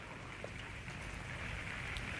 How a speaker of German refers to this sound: Jetzt höre ich ihn wieder, den Regen. Na, da gewöhnt man sich dran.